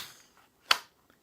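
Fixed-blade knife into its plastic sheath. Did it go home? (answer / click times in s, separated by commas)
yes / 0.7 s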